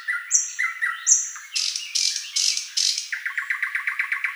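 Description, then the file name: Thrush nightingale singing: drawn-out whistles and lower slurred notes, then harsh rasping bursts, and finally a fast even series of repeated chattering notes. "solovey obyknovennyy golos"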